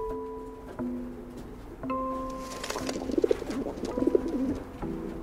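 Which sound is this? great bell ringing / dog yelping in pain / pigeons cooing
pigeons cooing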